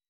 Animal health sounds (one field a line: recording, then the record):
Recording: hydrophone in a shrimp aquaculture tank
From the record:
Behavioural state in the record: weakened